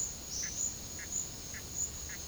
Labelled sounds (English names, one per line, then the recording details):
none
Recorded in pastures near Puerto Asís, Putumayo, Colombia, on 12 March 2025 at 12:00
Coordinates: 0.502, -76.324
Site GP07